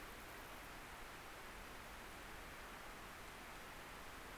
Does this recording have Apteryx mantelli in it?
no